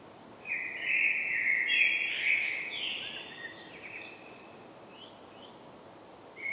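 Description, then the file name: Common blackbird giving a rich fluted phrase followed by a jumble of higher twittering notes, then soft faint squeaks and the start of another phrase. "Turdus merula"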